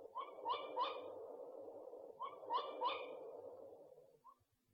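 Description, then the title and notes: Owl giving two quick groups of three nasal mid-pitched notes with bright overtones, then a single fainter note. Compilation of 69 call variants from 11 owl species. "Sovy - Eulen - Owls. 69 variant hlasů - 11 druhů sov"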